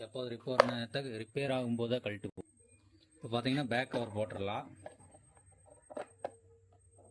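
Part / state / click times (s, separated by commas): back cover onto fan motor housing / seated / 5.9 s, 6.2 s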